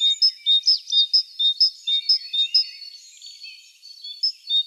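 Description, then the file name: Great tit song: a bright two-note phrase repeated about twice a second, high and clear, briefly pausing midway before resuming the same see-saw pattern. "Parus major"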